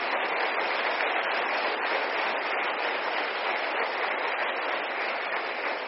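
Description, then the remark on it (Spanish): An audience applauds the Lord steadily, a dense, even wash of clapping that holds at the same loudness for several seconds, with no voices heard over it. “Denle un aplauso al Señor, porque sigue habiendo gente fiel.”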